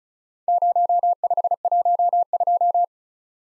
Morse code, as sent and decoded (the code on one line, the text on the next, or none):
----- ..... .---- ..---
0512